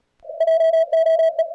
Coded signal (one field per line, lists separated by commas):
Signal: Morse code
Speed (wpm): 36 wpm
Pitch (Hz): 660 Hz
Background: none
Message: JOE